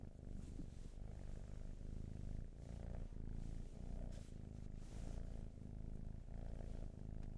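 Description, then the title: Cat purr, deep and continuous, pulsing in quick breath cycles. "Field Recs Purrathon RAW"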